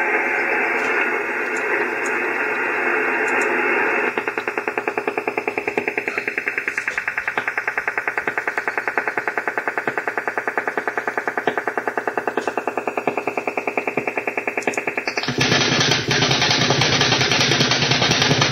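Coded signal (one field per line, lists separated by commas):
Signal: radar signal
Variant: over-the-horizon radar, 10 Hz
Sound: rapid rhythmic tapping buzz, about ten pulses a second, over hissing static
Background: radio static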